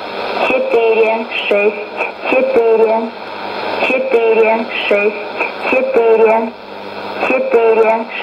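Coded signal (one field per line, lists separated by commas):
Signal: numbers station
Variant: S06s, Russian female voice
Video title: 23 10 2019 S06s Russian Lady numbers station in Russian to Eu 0840 on 9952 unknown tx site USB+AM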